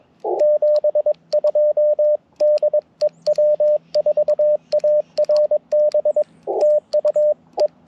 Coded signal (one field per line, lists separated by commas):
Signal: Morse code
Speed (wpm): 22 wpm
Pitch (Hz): 600 Hz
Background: radio noise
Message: 72 DE W4ARB TU E